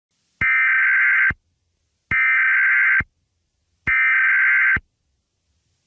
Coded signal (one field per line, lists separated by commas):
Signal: Emergency Alert System (SAME) tones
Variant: header bursts